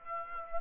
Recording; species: mosquito wingbeat signal from an infrared sensor; Aedes aegypti